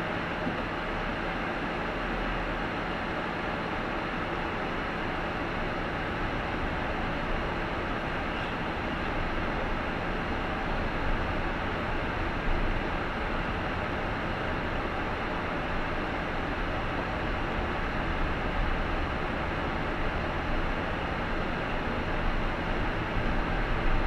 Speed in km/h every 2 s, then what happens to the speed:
0, 4, 7, 11, 16, 20, 19, 15, 13, 12, 17, 22.
0-9 pulls away to 20. 18-24 speeds up to 22.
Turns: 3-8, 14-19.